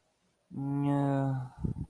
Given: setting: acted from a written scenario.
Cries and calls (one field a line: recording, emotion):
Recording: vocal sound without words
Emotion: sympathy